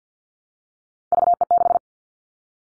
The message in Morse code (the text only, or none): VE6